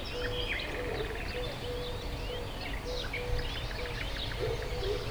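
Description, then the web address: Mixed birds chirp and whistle together, with a string of short low humming notes repeating underneath and a steady rumble. Hortobágy fishponds, Hungary, 2014; at the inner terminal station of the narrow-gauge railway; diverse birdlife. "hanggyujtemeny kisvasut hortobagyihalastavak 2014 termeszet sokszinumadarvilag belsovegallomas"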